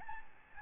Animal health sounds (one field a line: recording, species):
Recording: mosquito wingbeat signal from an infrared sensor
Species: Aedes albopictus